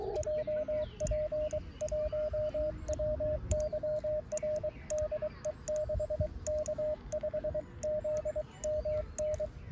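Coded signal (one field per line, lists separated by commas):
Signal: Morse code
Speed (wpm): 22 wpm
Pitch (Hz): 610 Hz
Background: radio noise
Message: JP1WYR DE 6K5ZMN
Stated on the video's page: Amateur CW contact with a Japanese station by a Korean novice.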